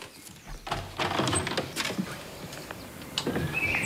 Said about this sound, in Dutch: Wordt al verwelkomd, hè? Hoor je dat? Ja, vogeltjes laten ze nog wel horen hier.